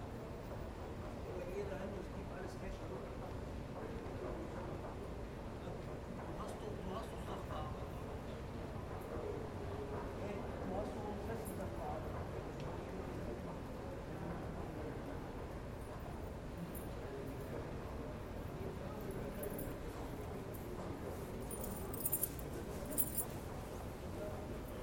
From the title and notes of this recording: Ambience inside the central station in Essen at 11:15 pm.